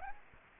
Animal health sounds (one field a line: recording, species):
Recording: mosquito wingbeat signal from an infrared sensor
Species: Aedes aegypti